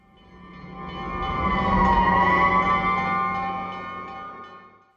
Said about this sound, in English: The siren screams.